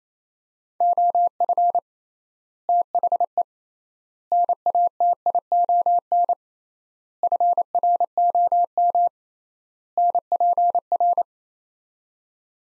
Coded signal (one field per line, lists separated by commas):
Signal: Morse code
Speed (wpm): 28 wpm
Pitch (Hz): 700 Hz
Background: none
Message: OF THE NATION FROM NPR